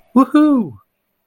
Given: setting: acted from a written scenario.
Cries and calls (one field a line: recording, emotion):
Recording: vocal sound without words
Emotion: positive surprise